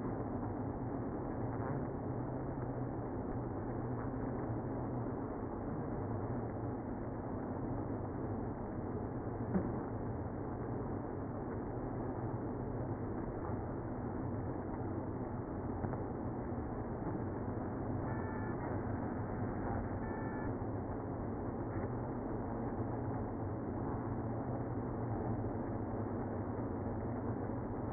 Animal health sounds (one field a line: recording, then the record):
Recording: honeybee colony, microphone inside the hive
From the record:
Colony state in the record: queenless (queen removed)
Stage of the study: after two queens were removed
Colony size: about 60,000 bees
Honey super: yes